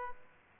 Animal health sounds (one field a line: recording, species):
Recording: mosquito wingbeat signal from an infrared sensor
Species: Aedes aegypti